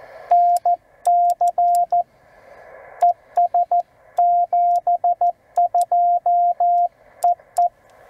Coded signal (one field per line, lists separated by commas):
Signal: Morse code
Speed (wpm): 14 wpm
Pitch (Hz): 700 Hz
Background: radio noise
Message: NC ES 72 EE